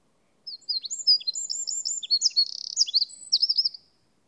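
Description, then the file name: Eurasian wren song, a fast, high outpouring of sharp chirps, trills and a rapid buzzy rattle, lasting about three seconds against a silent background. "Troglodytes troglodytes"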